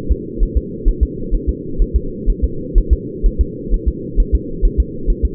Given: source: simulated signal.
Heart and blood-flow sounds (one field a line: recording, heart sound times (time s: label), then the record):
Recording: fetal heart sounds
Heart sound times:
0.12 s: S2
0.43 s: S1
0.57 s: S2
0.88 s: S1
1.03 s: S2
1.35 s: S1
1.49 s: S2
1.82 s: S1
1.96 s: S2
2.30 s: S1
2.44 s: S2
2.78 s: S1
2.93 s: S2
3.26 s: S1
3.41 s: S2
3.74 s: S1
3.88 s: S2
4.20 s: S1
4.35 s: S2
4.65 s: S1
4.80 s: S2
5.10 s: S1
5.25 s: S2
From the record:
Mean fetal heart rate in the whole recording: 130 bpm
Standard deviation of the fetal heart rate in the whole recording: 4 bpm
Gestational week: 38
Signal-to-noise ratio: -4.3 dB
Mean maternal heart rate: 72 bpm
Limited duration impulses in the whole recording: absent